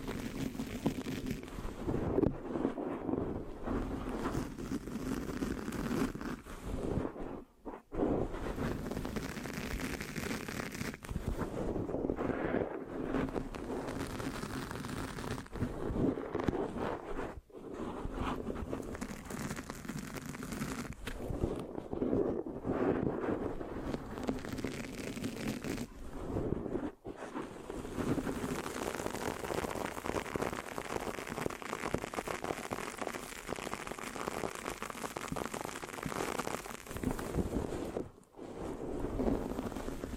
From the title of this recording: Mic Scratching, Sticky, Brain Massage Triggers (No Talking)